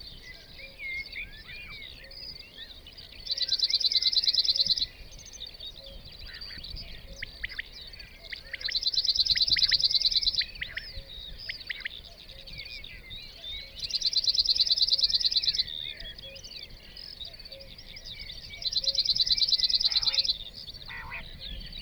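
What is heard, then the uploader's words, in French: A small morning chorus of birds chirping and twittering, with a loud, dense, buzzy trill bursting in about every five seconds and lasting roughly a second and a half each time. Softer calls continue between the trills over a faint low rumble. Lesches en diois - nagra LB _seinnheiser MKH40. Une erreur à ne pas faire par temps de vent, mal chaussée la bonnette à poils sur un microphone. Caille des blés (Coturnix coturnix ) , Alouette des champs (Alauda arvensis) et surtout en premier plan ce vibrant Bruant zizi (Emberiza cirlus) . Petit chorus du matin.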